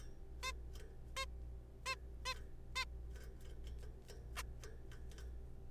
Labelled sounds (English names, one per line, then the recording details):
Zebra Finch
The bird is a juvenile
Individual R3428